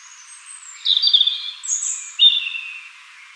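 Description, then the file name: European robin giving one brief phrase: a high thin whistle, a quick warbled flourish, then a sharp descending note over light hiss. "Erithacus rubecula"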